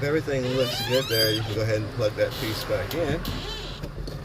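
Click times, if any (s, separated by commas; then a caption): none. Someone talks while the wiring harness connector is being plugged back onto the new ignition switch, with a steady low hum underneath and a brief sharp sound near the end. Nothing has seated or clicked yet.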